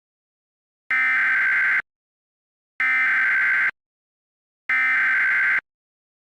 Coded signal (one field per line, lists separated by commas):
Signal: Emergency Alert System (SAME) tones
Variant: header bursts